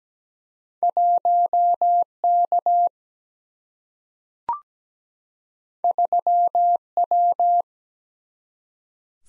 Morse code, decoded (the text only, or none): 1K 3W